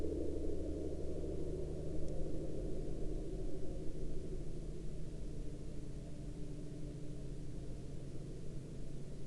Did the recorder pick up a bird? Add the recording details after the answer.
no. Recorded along the Dempster Highway, Canada, on 28 April 2020 at 04:40. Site 17